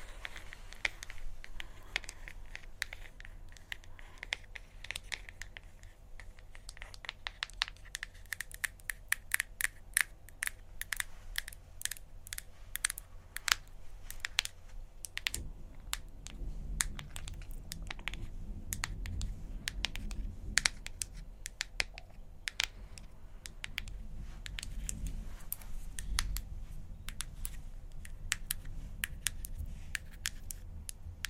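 Long nails tap in quick, irregular bursts, crisp clicking strokes that grow denser and faster after about ten seconds. From the midpoint a soft, low murmur sits beneath the tapping.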